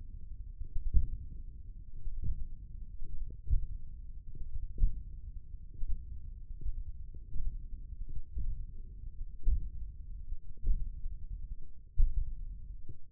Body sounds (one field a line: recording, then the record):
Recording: forearm muscle sounds (acoustic myography)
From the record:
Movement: index flexion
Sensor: system 1, eight BSWA MPA416 microphones around the upper forearm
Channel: 4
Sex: male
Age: 20 years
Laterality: left